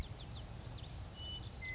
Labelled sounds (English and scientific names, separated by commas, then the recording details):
Western Meadowlark (Sturnella neglecta)
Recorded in Sonoma County, California